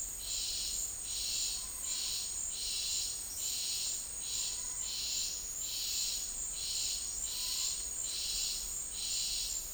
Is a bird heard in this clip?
no